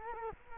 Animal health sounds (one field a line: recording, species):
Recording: mosquito wingbeat signal from an infrared sensor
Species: Culex quinquefasciatus